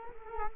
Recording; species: mosquito wingbeat signal from an infrared sensor; Culex quinquefasciatus